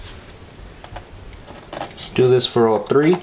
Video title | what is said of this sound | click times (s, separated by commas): [Solved] How To Fix Dell Precision T3500 Not Booting , 1-3-2 Beep Code | three white ports so click it to place on both sides | 0.8 s, 1.0 s